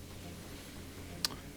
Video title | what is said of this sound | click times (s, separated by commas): How to install timing chain cover on 2ZZ-GE with engine still in the car. | yep put them back on the brackets as well they just click right in place | 1.2 s